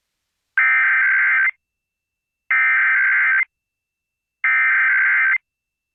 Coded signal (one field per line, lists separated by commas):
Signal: Emergency Alert System (SAME) tones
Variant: header bursts